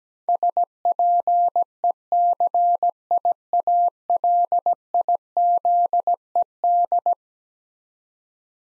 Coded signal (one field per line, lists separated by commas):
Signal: Morse code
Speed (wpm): 17 wpm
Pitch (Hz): 700 Hz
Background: none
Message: SPECIALIZED